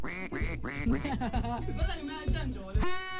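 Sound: duck quacking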